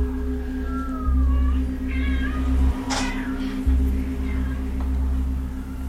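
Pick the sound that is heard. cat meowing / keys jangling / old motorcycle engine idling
cat meowing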